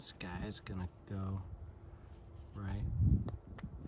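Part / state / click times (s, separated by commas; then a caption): locking hose clamp on power steering hose / seated / 3.3 s, 3.6 s. A spring-band hose clamp with a catch, not a screw type, is squeezed on the power steering hose of a 2005 BMW E46 325ci so its tab goes over the catch and locks into place. Someone talks, and two sharp clicks are heard at 3.3 s and 3.6 s as the clamp locks.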